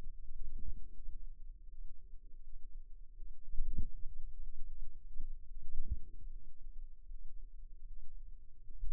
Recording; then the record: forearm muscle sounds (acoustic myography)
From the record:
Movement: wrist flexion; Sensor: system 2, bracelet of six BSWA MPA416 microphones around the upper forearm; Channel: 6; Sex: female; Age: 23 years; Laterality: right